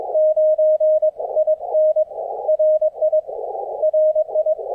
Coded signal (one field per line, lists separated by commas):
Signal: Morse code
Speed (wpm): 23 wpm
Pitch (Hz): 620 Hz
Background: none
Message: 9 I N RI RI